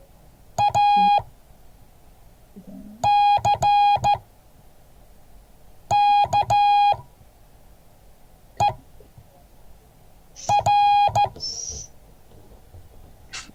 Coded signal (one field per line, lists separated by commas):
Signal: Morse code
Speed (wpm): 14 wpm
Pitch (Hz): 820 Hz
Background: none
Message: A C K E R